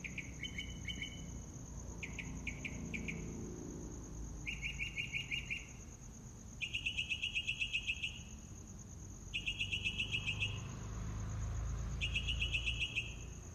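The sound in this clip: Mockingbird song: several phrases, each a fast string of repeated notes, separated by pauses, over a constant shrill insect hum.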